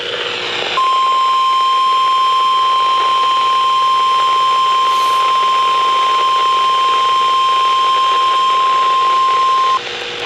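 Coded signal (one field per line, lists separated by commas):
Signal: Emergency Alert System (SAME) tones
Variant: 1050 Hz attention tone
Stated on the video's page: Severe thunderstorm warning on a weather radio station.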